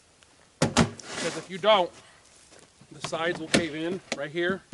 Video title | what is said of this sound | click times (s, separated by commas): Steel Target Maintenance & Some Random Range Rants | is cleanly snapped in place before you try to pick it up | 0.6 s, 0.8 s